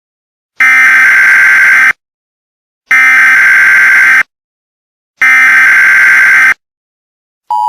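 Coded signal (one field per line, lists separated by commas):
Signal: Emergency Alert System (SAME) tones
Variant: header bursts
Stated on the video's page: Fictional EAS scenario made as an animated movie.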